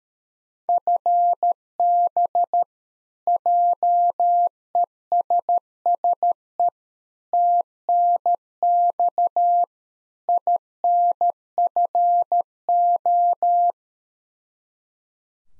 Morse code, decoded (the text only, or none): FB JESSE TNX INFO